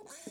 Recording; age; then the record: pig call; piglet (1 to 25 days)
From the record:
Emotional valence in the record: negative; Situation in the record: short isolation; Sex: male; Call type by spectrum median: high-frequency call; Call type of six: mixed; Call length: 0.31 s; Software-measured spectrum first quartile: 499 Hz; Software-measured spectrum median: 2643 Hz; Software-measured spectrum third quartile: 7354 Hz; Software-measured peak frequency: 275 Hz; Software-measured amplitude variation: 143 dB a second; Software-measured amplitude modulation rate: 19.4 a second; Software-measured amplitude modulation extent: 7.4 dB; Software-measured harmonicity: 4.7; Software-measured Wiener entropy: -2.28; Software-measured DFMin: 1056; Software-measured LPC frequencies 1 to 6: 510, 1592, 2269, 3532, 4369, 5971 Hz